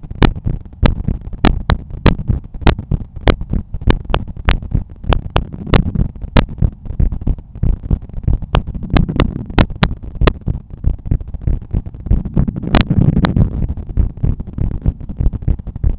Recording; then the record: heart sounds by stethoscope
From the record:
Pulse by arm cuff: 95 bpm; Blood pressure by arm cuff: 122/77 mmHg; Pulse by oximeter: 95 bpm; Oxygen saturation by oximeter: 98%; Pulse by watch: 96 bpm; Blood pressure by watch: 114/76 mmHg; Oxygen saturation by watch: 97%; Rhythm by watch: sinus rhythm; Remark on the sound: wave loud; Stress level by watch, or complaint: medium stress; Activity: after lunch and office activities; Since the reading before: plus 1200 steps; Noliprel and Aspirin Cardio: after pills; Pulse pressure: 45 mmHg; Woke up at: 6:50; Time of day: 15:25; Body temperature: 36.7 C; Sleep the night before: 8 h 16 min, score 66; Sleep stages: REM 20%, light 64%, deep 6%, awake 10%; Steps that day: 6850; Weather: rain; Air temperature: 19.1 C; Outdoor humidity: 84%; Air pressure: 1007 hPa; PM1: 0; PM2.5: 0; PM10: 0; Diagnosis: hypertension, treated with Noliprel and Aspirin Cardio 100 mg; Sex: male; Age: 53 years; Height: 174 cm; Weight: 81 kg